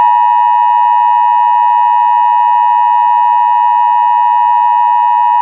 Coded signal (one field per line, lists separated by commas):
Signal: Emergency Alert System (SAME) tones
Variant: 853 and 960 Hz attention tone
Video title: EAS CHILD ABDUCTION EMERGENCY 12/15/20